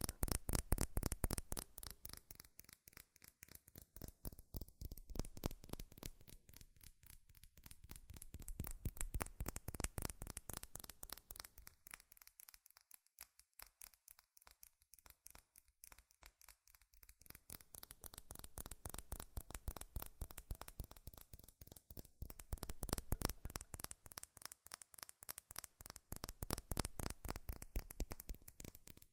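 Fast, relentless tapping on metal, a dense stream of crisp, bright clicks that never stops across the whole stretch. The rhythm stays quick and even, while the loudness swells and dips, easing off in the middle before building up again near the end.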